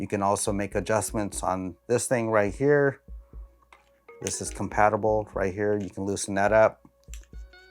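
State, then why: Seated. A small Allen key is put back into its holder on the quick-release plate of an iFootage Cobra 3 monopod while someone talks. After a few faint taps, a sharp click at 7.1 s marks the key snapping into place so it won't be lost.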